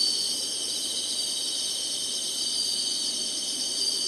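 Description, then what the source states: Dense insect chorus of steady high-pitched buzzing, constant from start to finish. Singing insects in summer.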